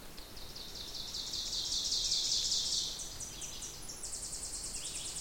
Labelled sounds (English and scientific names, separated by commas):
Ovenbird (Seiurus aurocapilla) song